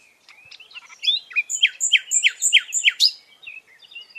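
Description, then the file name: Common nightingale song: a brisk series of loud, downward-slurred whistled notes repeated about three times a second, ending in softer twitters. "Luscinia megarhynchos"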